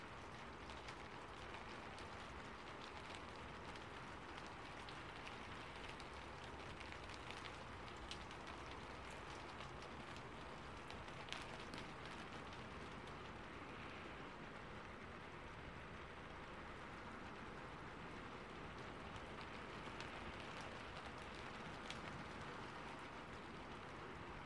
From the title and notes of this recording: Rain on a rooftop. I recorded the sound in the attic of my house .